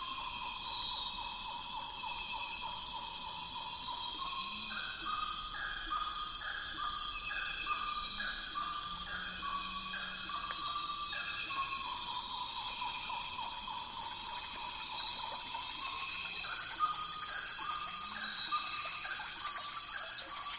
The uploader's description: From tropical forests to deserts to wetlands